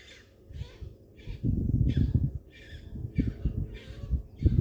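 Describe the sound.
Heron calls, harsh raspy squawks in a steady series, over loud low rumbling noise.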